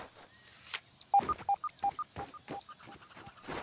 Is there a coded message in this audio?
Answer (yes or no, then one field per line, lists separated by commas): no